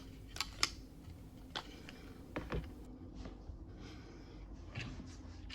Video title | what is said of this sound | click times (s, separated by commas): Nova Prime - Legacy Evolution - Halloween Special! Review and more! | give it a good push until you hear it click in | 0.6 s